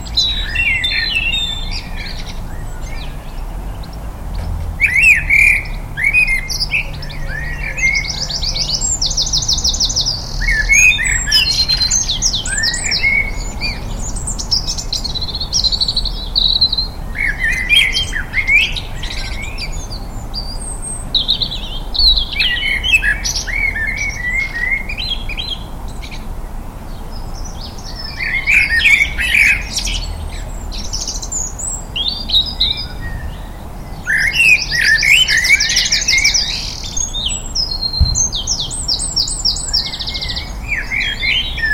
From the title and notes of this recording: Liverpool Garden April 2021. Liverpool morning rituals April 2021.